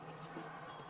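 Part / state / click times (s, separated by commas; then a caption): gray wiring connector into its socket behind the dash / not seated / none. A gray plastic wiring connector is being handled and pushed toward its socket behind the dash of a 2011-2016 Ford Explorer, with its clip facing the dash, during a factory navigation install for MyFord Touch. Only a steady low hum and broadband rustle are heard for 0.9 seconds, with no sharp transients. Nothing has seated or clicked yet.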